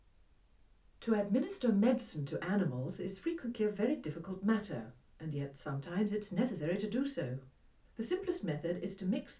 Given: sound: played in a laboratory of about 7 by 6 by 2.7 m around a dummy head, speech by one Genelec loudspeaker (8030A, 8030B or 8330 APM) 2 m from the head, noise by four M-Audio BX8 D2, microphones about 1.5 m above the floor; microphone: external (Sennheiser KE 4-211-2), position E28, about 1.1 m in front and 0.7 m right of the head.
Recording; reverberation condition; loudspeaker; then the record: female speech in English; low; 120 degrees to the left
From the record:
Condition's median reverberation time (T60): about 310 ms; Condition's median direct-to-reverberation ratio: about 3.5 dB